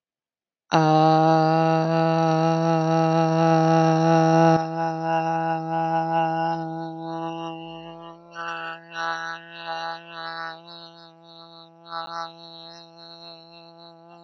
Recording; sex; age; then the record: vowel held as long as possible; female; 30 to 39 years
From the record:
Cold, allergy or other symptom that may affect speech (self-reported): no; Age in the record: 32 years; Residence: Virginia, United States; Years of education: 16